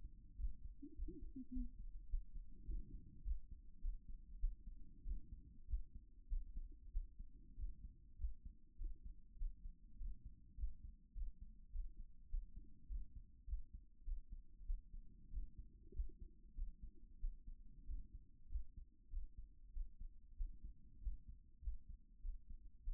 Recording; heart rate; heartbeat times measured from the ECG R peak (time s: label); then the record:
heart sounds by stethoscope; 98 bpm
0.36 s: heartbeat
0.94 s: heartbeat
1.51 s: heartbeat
2.08 s: heartbeat
2.65 s: heartbeat
3.23 s: heartbeat
3.80 s: heartbeat
4.38 s: heartbeat
5.03 s: heartbeat
5.66 s: heartbeat
6.27 s: heartbeat
6.90 s: heartbeat
7.55 s: heartbeat
8.17 s: heartbeat
8.76 s: heartbeat
9.36 s: heartbeat
9.97 s: heartbeat
10.56 s: heartbeat
11.13 s: heartbeat
11.70 s: heartbeat
12.28 s: heartbeat
12.87 s: heartbeat
13.45 s: heartbeat
14.03 s: heartbeat
14.64 s: heartbeat
15.29 s: heartbeat
15.92 s: heartbeat
16.53 s: heartbeat
17.18 s: heartbeat
17.85 s: heartbeat
18.48 s: heartbeat
19.09 s: heartbeat
19.71 s: heartbeat
20.35 s: heartbeat
20.99 s: heartbeat
21.60 s: heartbeat
22.20 s: heartbeat
22.82 s: heartbeat
From the record:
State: after exercise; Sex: female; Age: 37 years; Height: 160 cm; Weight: 68 kg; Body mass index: 26.56